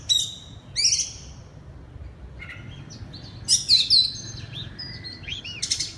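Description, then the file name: Oriental magpie-robin song: short bursts of sharp, varied whistled notes and slurred rising and falling phrases, separated by brief pauses, over a faint low background hum. Loud song in the 'ngeplong' style, given under the Indonesian name kacer. "suara kacer ngeplong keras"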